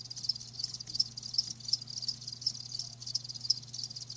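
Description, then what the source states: Crickets chirping, high bright pulses about three per second over a hissy insect background and low hum. Live crickets chirping with a lulling song.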